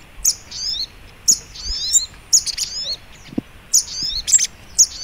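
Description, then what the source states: Little Spiderhunter: clusters of shrill, squeaky chirps with trailing twitters, separated by short, irregular gaps. Masteran (training song) of sogok ontong in the labaik song style.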